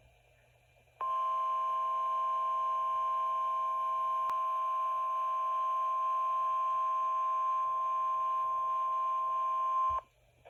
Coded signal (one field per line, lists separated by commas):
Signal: Emergency Alert System (SAME) tones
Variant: 1050 Hz attention tone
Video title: Winter Storm Warning (EAS #11)